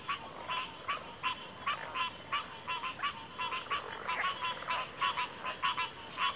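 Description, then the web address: Crickets chorusing, a constant high-pitched trill with many overlapping pulsed chirps. Cricket chorus recorded at a backwater. "Natures Songs Sleep Sounds of Nature CRICKETS Backwater Chorus"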